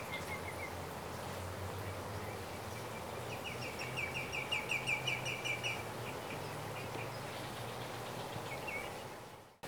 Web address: bird song aoasisigi